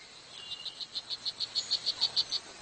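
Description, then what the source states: Strawberry poison dart frog calling: a string of many short, high chirps, evenly spaced, growing louder toward the end over a steady hiss. Male calling to attract a mate, using the same method as cicadas to make the sound as loud as possible; frog about 2 cm tall, in the jungle.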